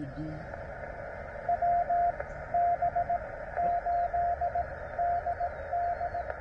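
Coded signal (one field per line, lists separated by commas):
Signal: Morse code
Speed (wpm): 18 wpm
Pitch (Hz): 700 Hz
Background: speech, radio noise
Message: WB8DD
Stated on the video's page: CW park activation on a vertical antenna, battery powered.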